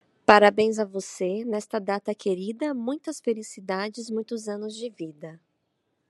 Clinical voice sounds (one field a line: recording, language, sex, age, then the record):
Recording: short text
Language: Brazilian Portuguese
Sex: female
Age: 30 to 39 years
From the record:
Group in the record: control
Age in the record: 33 years